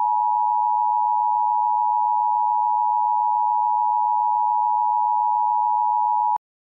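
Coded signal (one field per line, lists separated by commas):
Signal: Emergency Alert System (SAME) tones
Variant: 853 and 960 Hz attention tone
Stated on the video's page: Fictional EAS scenario of a Yellowstone caldera eruption; not real.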